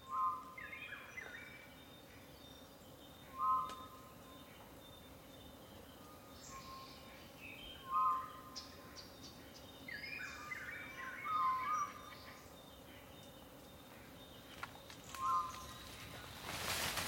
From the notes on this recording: lush dawn choruses, loud insect and frog calls, subtle nightscapes and plenty of humid forest ambience